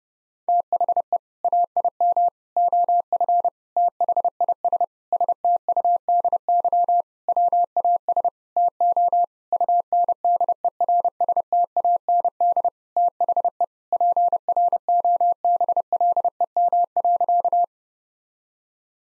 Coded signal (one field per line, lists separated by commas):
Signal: Morse code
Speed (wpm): 32 wpm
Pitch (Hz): 700 Hz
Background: none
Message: THE AIM OF THIS STUDY WAS TO UNDERSTAND THE PROBLEM.